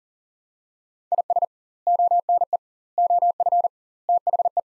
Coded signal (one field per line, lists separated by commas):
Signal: Morse code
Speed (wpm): 40 wpm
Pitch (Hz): 700 Hz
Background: none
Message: IS ONE OF THE